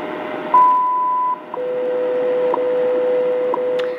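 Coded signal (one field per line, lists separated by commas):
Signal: radio time signal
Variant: WWV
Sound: long high beep, short pause, then steady lower tone with a tick each second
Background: radio static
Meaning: The 0.8-second 1000 Hz tone marks the start of a new minute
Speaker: 36 minutes coordinated universal time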